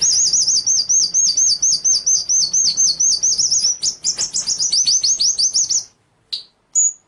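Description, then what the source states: White-rumped shama song: a long, fast, warbling high trill of repeated wavering notes, breaking into sharper rising notes, then ending with two brief isolated chirps. Masteran training track of full 'ngerol' (long rolling) and 'nembak' (shooting) song styles.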